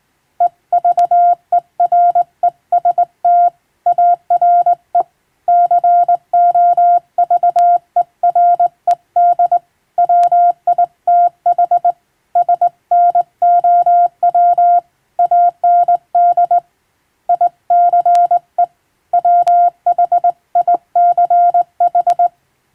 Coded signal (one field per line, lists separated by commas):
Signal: Morse code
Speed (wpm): 21 wpm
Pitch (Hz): 700 Hz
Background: none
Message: EVEREST ARE COVERED WITH SNOW AND ICE WHICH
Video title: 昔懐かしい！人が縦振り電鍵で打つモールス無線電報。無線通信士という職業がありました。船と陸とをつなぐ唯一の重要な仕事でした。今でも遠洋漁業無線で使われています。morse code practice